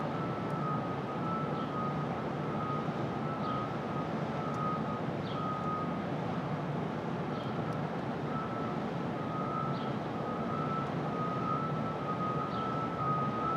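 Street traffic at dawn, in open air: a dense, steady roar of vehicles fills the low and middle range without letup. A thin sustained whine holds through most of the clip, and faint brief chirps appear every couple of seconds above it.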